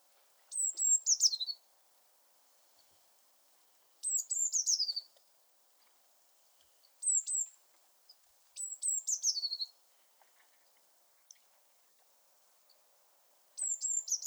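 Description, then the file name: Eurasian blue tit repeating high, thin calls, five short phrases of sharp notes dropping into a brief chatter, spaced by pauses. "Cyanistes caeruleus"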